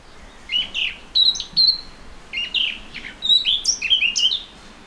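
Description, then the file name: Eurasian blackcap singing a chattering, varied phrase of short warbles and clear higher whistles, with a brief gap midway. "Sylvia atricapilla"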